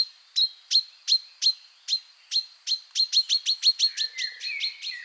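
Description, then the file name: Common chaffinch calling: crisp metallic notes, spaced at first, then quickening into a faster run, while lower whistled tones enter near the end. "Fringilla coelebs"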